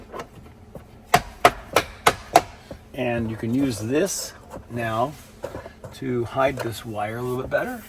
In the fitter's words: I'm going to put this back on which just simply snaps in place